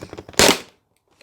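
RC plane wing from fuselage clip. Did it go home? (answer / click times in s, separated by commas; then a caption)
released / 0.4 s. Handling sounds and small clicks lead up to a loud, sharp snap at 0.4 s as the clip underneath the wing of a Volantex PhoenixS 742-7 RC plane is pressed and the wing is pulled out of the plastic fuselage. The wing is released from the fuselage, and a faint tick follows near 1.2 s.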